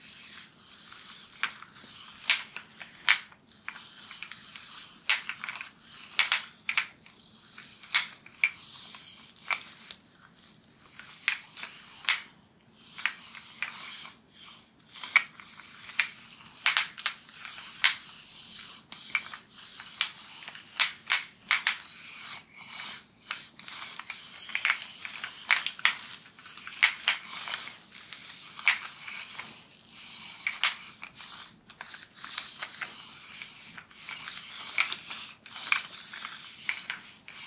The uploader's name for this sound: Real Person Hair Play, Back Tracing, Scratching & Massage